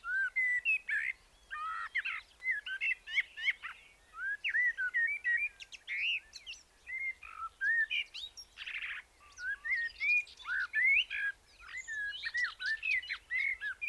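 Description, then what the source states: Blackbird singing varied, fluty whistled phrases with scratchy twitters between them, given in short bursts one after another throughout. Filtered recording.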